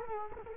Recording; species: mosquito wingbeat signal from an infrared sensor; Culex quinquefasciatus